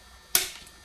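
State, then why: Seated. During M1/M14 rifle reassembly, a key placed under a part of the rifle's action is pressed with light pressure. A single sharp click sounds at 0.4 s, with a brief tail. The part is seated in place and ready.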